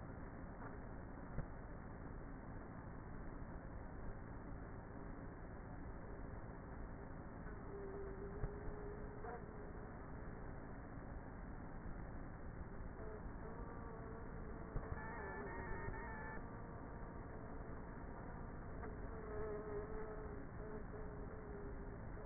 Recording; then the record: honeybee colony, microphone inside the hive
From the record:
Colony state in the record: queenless with a low population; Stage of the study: before two queens were removed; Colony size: about 30,000 bees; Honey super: no